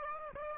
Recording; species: mosquito wingbeat signal from an infrared sensor; Aedes aegypti